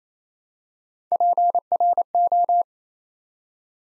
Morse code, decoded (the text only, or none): PRO